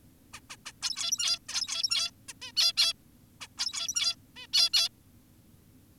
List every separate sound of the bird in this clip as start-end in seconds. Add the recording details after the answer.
0.34-0.40, 0.50-0.56, 0.66-0.72, 0.82-1.39, 1.49-2.11, 2.29-2.33, 2.42-2.52, 2.57-2.73, 2.77-2.93, 3.41-3.48, 3.58-4.16, 4.36-4.47, 4.54-4.70, 4.73-4.89. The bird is an adult. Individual g17y2U